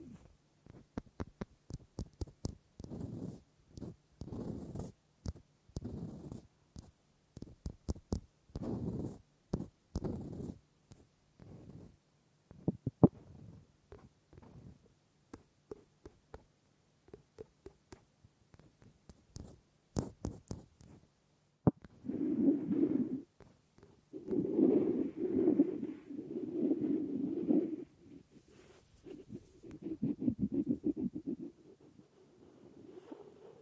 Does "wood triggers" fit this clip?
yes